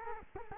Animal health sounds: mosquito wingbeat signal from an infrared sensor; Culex quinquefasciatus

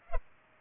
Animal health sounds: mosquito wingbeat signal from an infrared sensor; Culex pipiens

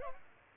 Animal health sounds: mosquito wingbeat signal from an infrared sensor; Aedes aegypti

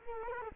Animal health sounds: mosquito wingbeat signal from an infrared sensor; Culex quinquefasciatus

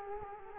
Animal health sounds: mosquito wingbeat signal from an infrared sensor; Culex quinquefasciatus

